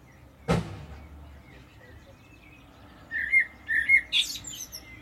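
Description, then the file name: Common blackbird calls, a few short chirping notes around the middle of the range clustered near the end, after a single sharp click near the start. "Turdus merula"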